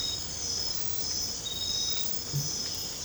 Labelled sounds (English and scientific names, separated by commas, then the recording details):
none
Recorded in dense forest near Puerto Asís, Putumayo, Colombia, on 22 December 2024 at 23:30
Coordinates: 0.484, -76.317
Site G026